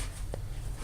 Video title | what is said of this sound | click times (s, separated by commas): How to load Lamination Film - Nebraska ID Badges - Nebraska ID Cards - ID Badges | so there is that one make sure it clicks | 0.3 s